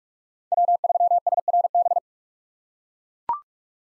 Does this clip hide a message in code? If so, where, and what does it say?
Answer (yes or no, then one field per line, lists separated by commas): yes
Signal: Morse code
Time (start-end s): 0.5-2.0 s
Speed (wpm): 41 wpm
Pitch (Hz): 700 Hz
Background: none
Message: W3SRB